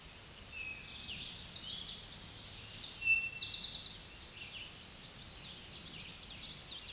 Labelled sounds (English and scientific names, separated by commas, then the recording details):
Tennessee Warbler (Leiothlypis peregrina) song
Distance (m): 20 m
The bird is about level with the microphone
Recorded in a Pennsylvania forest on 16 May 2024 at 07:49
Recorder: AudioMoth, point MSD-0178
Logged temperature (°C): 15.3 °C
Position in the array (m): 83 m, 75 m